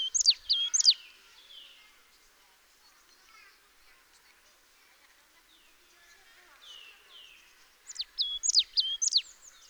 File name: Poecile palustris